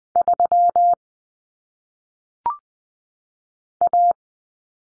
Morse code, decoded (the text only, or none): 3 A